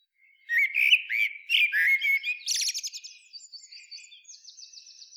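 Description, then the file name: Eurasian blackbird giving one song phrase: a few mellow warbled notes followed by a rapid, thin, high twittering tail that fades out. "Turdus merula"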